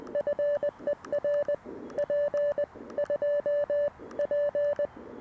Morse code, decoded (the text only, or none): FER P2P